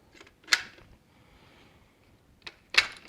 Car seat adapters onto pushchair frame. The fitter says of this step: car seat adapters they're included and they literally will just click into place